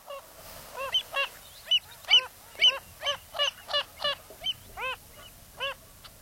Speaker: this is the call of that spinning bird of Salt Lakes, the Wilson's phalarope.